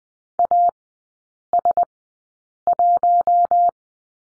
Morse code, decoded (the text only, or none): AS1